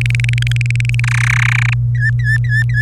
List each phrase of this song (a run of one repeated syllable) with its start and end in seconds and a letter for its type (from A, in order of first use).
0.01-1.00 A, 1.04-1.74 B, 1.94-2.82 C